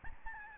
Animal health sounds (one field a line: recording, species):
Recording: mosquito wingbeat signal from an infrared sensor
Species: Aedes albopictus